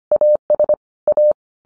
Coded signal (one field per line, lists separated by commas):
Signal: Morse code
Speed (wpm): 25 wpm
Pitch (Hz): 600 Hz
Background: none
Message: AS A